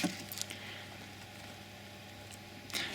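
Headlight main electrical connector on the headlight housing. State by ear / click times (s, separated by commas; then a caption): not seated / none. A flathead screwdriver levers at the locking clip on the plastic main electrical connector at the back of an Audi A6/S6/RS6 C5 (1997–2005) headlight housing, producing a few faint scraping ticks around 0.3 to 0.5 s over a low steady hum. The connector is sticky and the lock has not clicked open yet.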